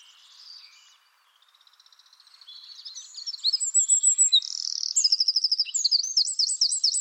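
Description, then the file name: Eurasian wren song swelling in after faint background twittering, turning into loud rapid trills and sharp high notes. "Troglodytes troglodytes"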